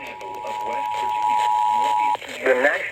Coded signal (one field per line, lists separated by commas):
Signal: Emergency Alert System (SAME) tones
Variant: 853 and 960 Hz attention tone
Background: speech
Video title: End Of May Twisters/Storms: EAS Alerts From 5/30/25 (EAS #4462-4497)